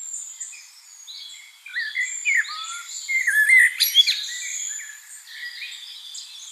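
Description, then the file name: Common blackbird giving fluty, slurred whistled phrases mixed with high thin chirps and squeaks. "Turdus merula"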